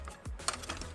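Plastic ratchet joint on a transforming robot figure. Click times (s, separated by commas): 0.5 s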